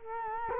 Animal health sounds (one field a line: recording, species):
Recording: mosquito wingbeat signal from an infrared sensor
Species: Culex quinquefasciatus